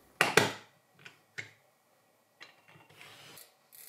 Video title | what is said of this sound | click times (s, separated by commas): Building a Custom Vintage-Inspired Dive Watch: Step-by-Step Process & Tips | then it's just a matter of twist until it clicks for | 0.2 s, 0.4 s